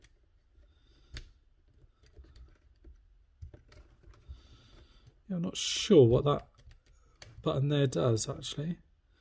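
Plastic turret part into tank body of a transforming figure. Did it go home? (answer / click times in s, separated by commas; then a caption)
no / none. Someone talks while handling a plastic turret part on the tank turret of an Ocular Max PS-17 Probus transforming robot figure, trying a button as the part is moved toward the tank body. Only faint handling ticks and speech are heard, and nothing has seated or locked into place yet.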